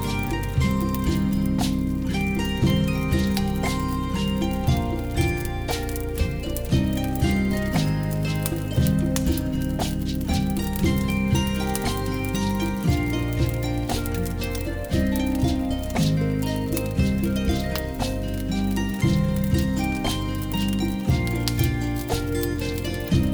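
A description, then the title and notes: Medieval-style tavern music plays steadily throughout, with a busy, rhythmic bass and mid-range melody lines holding a fairly constant loudness. Frequent sharp clicks and pops scatter across the top, consistent with a crackling fireplace. Medieval Music from a Cosy Tavern - Medieval Style Tavern Music with Cracking Fireplace Sounds.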